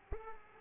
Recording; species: mosquito wingbeat signal from an infrared sensor; Culex pipiens